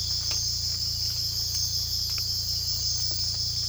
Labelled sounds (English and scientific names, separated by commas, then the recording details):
none
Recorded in secondary vegetation near Puerto Asís, Putumayo, Colombia, on 18 December 2024 at 04:00
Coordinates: 0.484, -76.319
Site GP06